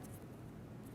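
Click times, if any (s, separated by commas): none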